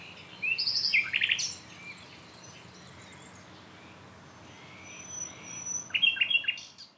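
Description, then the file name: Common nightingale song: two short bursts of rapid, varied chirps and trills about five seconds apart, with a faint high thin whistle in between, over a steady low hiss. "Luscinia megarhynchos"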